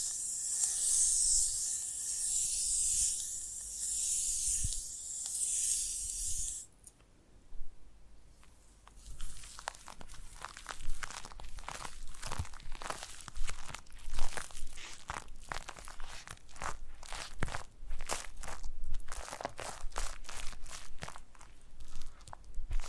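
Foam being massaged and squeezed. A steady, bright hiss runs for the first six seconds and cuts off abruptly, followed by a brief near-silence. From about nine seconds on, dense, irregular crackling and squishing fills the rest, with frequent sharp clicks and crunches.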